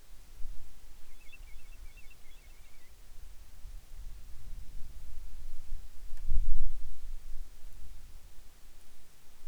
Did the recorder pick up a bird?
yes